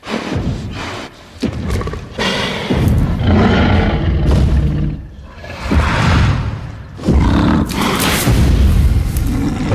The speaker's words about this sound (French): Voilà ce grognement féroce que vous entendez. C'est évidemment un extrait des films de la franchise Jurassic Park, initié en 93 par Steven Spielberg